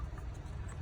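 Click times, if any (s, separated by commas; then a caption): none. A wiring plug or connector is handled at the fuse/relay box of a 90-93 Accord during a fuse box replacement, with a brief soft bump at 0.0 s over a steady low rumble. The connector has not seated or clicked into the fuse box yet.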